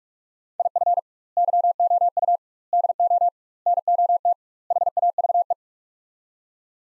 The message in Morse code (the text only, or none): IF YOU DO NOT HAVE